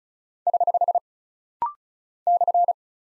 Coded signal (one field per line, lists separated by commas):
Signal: Morse code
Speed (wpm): 36 wpm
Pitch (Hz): 700 Hz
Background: none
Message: <HH> /